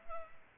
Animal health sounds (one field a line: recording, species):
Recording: mosquito wingbeat signal from an infrared sensor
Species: Culex pipiens